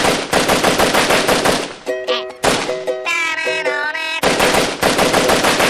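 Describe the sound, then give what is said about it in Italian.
Rapid bursts of machine gun fire, sharp repeated cracks in quick succession, broken by a brief pause filled with ringing metallic tones before the loud automatic firing resumes. “cominciano a sparare, eh? Che poi quelli non sanno neanche sparare, sti finti comunisti ricchi che abbiamo qui.”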